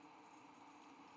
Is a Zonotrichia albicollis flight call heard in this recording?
no